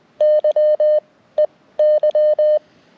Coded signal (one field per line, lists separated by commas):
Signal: Morse code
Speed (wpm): 20 wpm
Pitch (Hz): 590 Hz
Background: none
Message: YEY